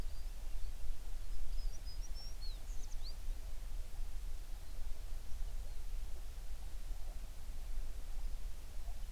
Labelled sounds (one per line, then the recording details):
songbird
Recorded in the Prudhoe Bay oil fields, Alaska, on 11 June 2019 at 04:30
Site 21